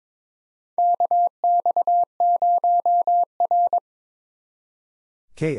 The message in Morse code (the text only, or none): KX0R